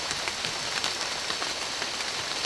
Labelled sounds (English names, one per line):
none